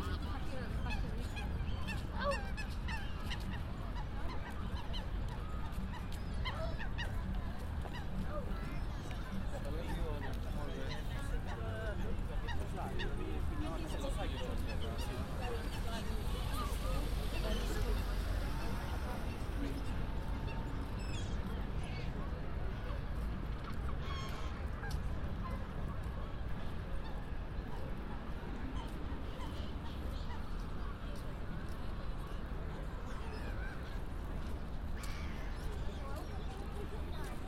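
A walk through Hyde Park from the Serpentine toward the winter carnival, with a steady, dense wash of crowd chatter and a constant low rumble throughout. Goose-like honks and bird calls break through now and then, and scattered sharp clicks and knocks come irregularly.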